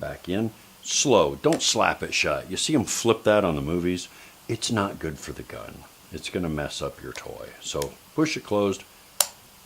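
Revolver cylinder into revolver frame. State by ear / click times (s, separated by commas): seated / 9.2 s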